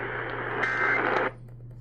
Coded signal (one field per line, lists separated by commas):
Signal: Emergency Alert System (SAME) tones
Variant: end-of-message bursts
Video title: Eas Fwd svr on WBAP-AM Eas#1975